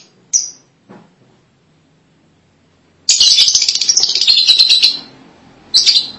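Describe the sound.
Lovebird sounds: a single sharp chirp, then near silence for two seconds, followed by a long burst of shrill, buzzy twittering and a final short squeak.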